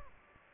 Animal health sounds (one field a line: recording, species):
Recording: mosquito wingbeat signal from an infrared sensor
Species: Aedes aegypti